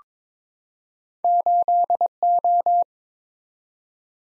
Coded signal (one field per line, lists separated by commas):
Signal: Morse code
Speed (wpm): 22 wpm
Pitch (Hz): 700 Hz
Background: none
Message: 8O